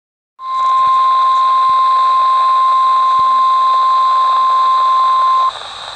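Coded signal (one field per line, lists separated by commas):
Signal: Emergency Alert System (SAME) tones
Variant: 1050 Hz attention tone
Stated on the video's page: NOAA Weather Radio flash flood warning from transmitter WXM66.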